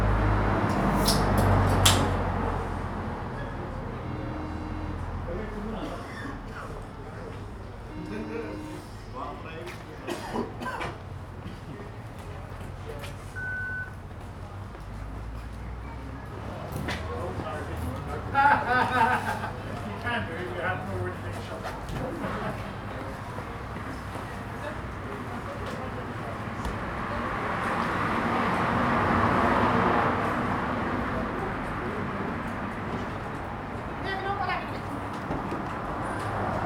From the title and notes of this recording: Street bar. Captured on the pavement outside a small bar in a narrow street. Daylight is running out as people return home after shopping in the city. The street is decorated with Christmas lights along the length.